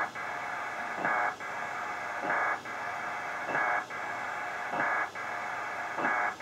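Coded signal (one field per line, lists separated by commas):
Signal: HF data modem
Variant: PACTOR 4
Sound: continuous wide hissing data roar with regular brief dropouts and brighter bursts about every 1.2 s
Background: radio static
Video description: data transmission on shortwave radio with PACTOR level 4 modem SCS P4dragon DR7800 and ICOM 7600 radio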